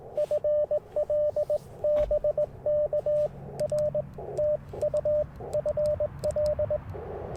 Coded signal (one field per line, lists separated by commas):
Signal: Morse code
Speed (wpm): 20 wpm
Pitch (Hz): 600 Hz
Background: radio noise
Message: FL BK R TU FL